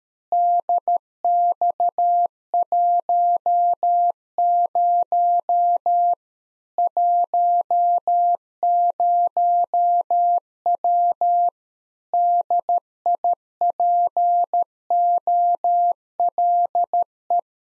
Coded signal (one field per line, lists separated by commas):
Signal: Morse code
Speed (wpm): 13 wpm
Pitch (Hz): 700 Hz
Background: none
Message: DX10 10W DIPOLE